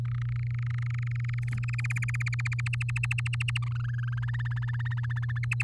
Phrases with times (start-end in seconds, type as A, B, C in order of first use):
0.05-1.75 A, 1.78-2.61 B, 2.66-3.58 C, 3.62-4.14 D, 4.17-5.38 E, 5.43-5.64 F